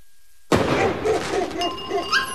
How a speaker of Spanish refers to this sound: La pirotecnia suele ser parte de nuestras celebraciones. Sin embargo, los estallidos afectan a quienes más queremos. Nuestras abuelas y abuelos, las personas con sensibilidad auditiva y las mascotas experimentan pánico y angustia ante estos ruidos.